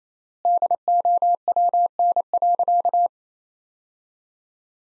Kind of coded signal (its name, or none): Morse code